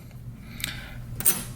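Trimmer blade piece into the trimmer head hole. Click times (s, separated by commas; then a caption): 0.6 s, 1.2 s. A blade piece, held with its spring, is lined up with the hole on an Andis Slimline Pro Li trimmer head and pushed in. Sharp clicks sound at 0.6 s and 1.2 s, followed by a brief rattle. The blade piece snaps into place on its own and is seated.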